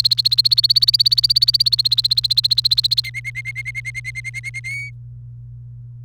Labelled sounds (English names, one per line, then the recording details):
Domestic Canary song
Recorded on 28 April 2018 at 16:38
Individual llb3